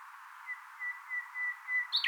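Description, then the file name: Common nightingale giving a series of soft, pure whistled notes on one pitch, about five spaced evenly, ending with a sharper, higher flourish. "Luscinia megarhynchos"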